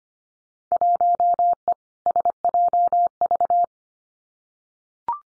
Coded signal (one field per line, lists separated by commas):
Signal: Morse code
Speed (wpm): 25 wpm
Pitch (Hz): 700 Hz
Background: none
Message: 1E SJV